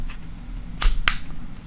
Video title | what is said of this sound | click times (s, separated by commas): Weak Matco MT2112 3/8" Air Impact Gets FIXED! | and it clicks into place and then the ears on the retainer tab | 0.8 s, 1.1 s